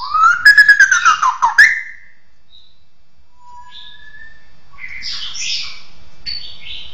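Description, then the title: Bird song opening with a rapid rattling burst of rising notes, then soft scattered whistles and a few brief higher chirps. "SuaraBurung Kicau1"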